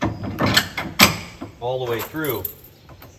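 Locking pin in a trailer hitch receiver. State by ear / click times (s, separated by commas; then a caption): not seated / none. A metal locking hitch pin is handled at the cotter-pin hole of a trailer hitch receiver, with sharp metallic knocks near 0.6 s and 0.8 s and a faint tap near 3.0 s while someone talks. The pin has not yet seated or locked by the end of the clip.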